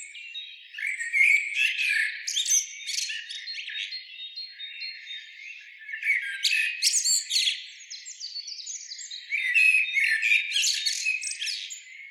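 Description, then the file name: Common blackbird song, busy twittering strophes with squeaky high notes and lower warbled elements, three main bursts separated by quieter passages. "Turdus merula"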